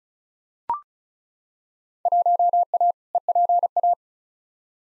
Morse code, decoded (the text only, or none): 1A EPA